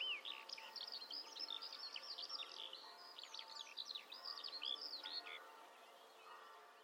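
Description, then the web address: Bird twittering softly, a quick series of high slurred chirps fading out near the end, over steady background hiss. "Bird Only"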